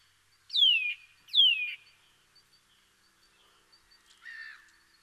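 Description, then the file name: Eurasian nuthatch with two ringing, falling whistles in quick succession, followed by quiet faint ticks and a short, lower, scratchy call near the end. "Sitta europaea"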